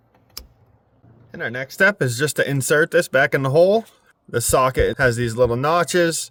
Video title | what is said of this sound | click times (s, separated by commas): Turn signal bulb replacement 2018 - 2024 Toyota Camry | push the socket back into place, and you'll hear it snap in. | 0.4 s